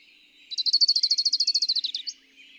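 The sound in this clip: Bird song, one quick, steady trill of many high notes, above light background hiss.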